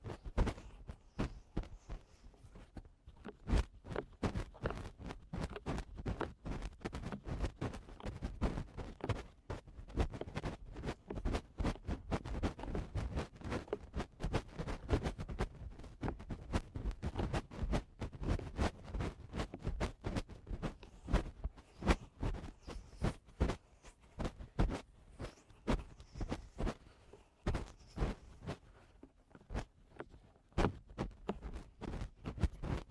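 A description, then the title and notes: Eardrum cleaning: a dense run of quick crackling clicks and scratches, packed closely together and coming irregularly. The first few seconds are sparser and softer, then the crackling fills out and stays busy to the end, with a dull, thumpy low end under each click. Eardrum Cleaning (No Talking).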